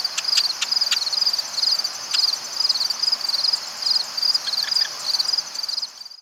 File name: Cistothorus palustris - Marsh Wren